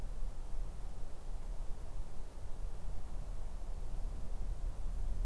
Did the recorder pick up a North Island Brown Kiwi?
no